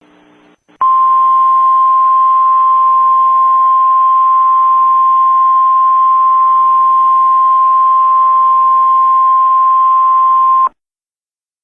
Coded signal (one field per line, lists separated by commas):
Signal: Emergency Alert System (SAME) tones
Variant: 1050 Hz attention tone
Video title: A Nuclear Missile EAS: Alaska & Hawaii